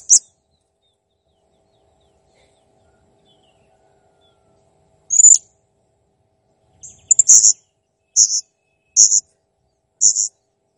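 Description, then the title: Blue-crowned hanging parrot giving a single piercing high note, a long quiet stretch, then a few squeaky notes and a short evenly spaced series of harsh chirps. Master recording for training cage birds; the bird is described as gacor (persistently vocal) and jernih (clear). "Masteran Burung Serindit Masteran Serindit Gacor Jernih"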